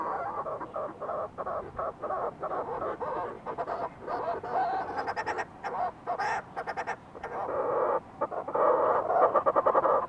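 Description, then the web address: Fulmar prion giving a long, rapid series of harsh, pulsed croaks that run almost continuously, with several louder, stuttering bursts near the end. "sound fulmar-prion. صدای-پرنده-پریان-بدبو"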